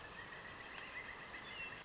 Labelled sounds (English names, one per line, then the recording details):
Pileated Woodpecker
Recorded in Sonoma County, California